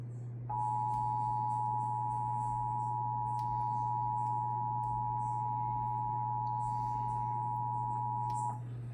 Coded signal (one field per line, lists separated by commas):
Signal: Emergency Alert System (SAME) tones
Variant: 853 and 960 Hz attention tone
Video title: Eas Toa on KGG68 KUHT 8.3 KTRH 740am Eas#1016- 1018)